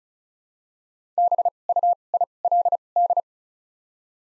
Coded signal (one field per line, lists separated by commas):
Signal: Morse code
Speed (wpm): 34 wpm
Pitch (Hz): 700 Hz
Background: none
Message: B U I L D